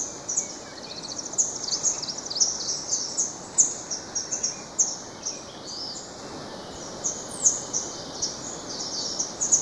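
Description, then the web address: Vermilion tanager calling with thin, high-pitched chips in uneven bursts over constant background noise. Recorded in Ecuador. "Birds of Ecuador. Vermilion Tanager"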